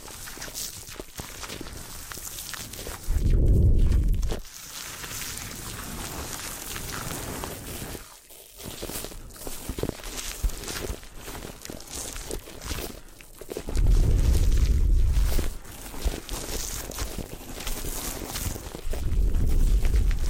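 Hair washing and brushing fill the clip with a dense, steady scratching and rustling, lit by quick bright crackles throughout. Deep, muffled rumbling swells rise under the texture around 3 seconds, again near 14 seconds, and once more at the very end.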